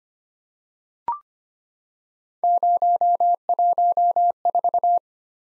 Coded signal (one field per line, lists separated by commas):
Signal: Morse code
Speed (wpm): 25 wpm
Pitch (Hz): 700 Hz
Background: none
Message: 014